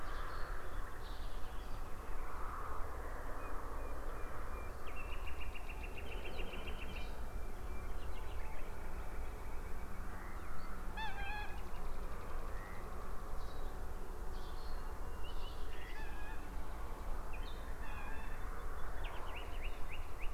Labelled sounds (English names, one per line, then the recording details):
Cetti's Warbler
Common Nightingale
Eurasian Coot
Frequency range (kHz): Cetti's Warbler 2.9-5.9 kHz; Eurasian Coot 0.7-6.6 kHz
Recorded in France